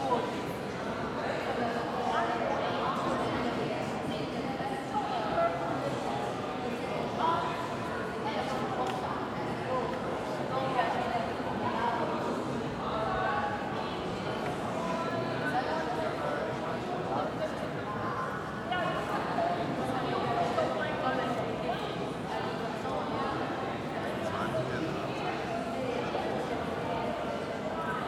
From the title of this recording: Day at a European Museum